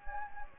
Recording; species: mosquito wingbeat signal from an infrared sensor; Anopheles gambiae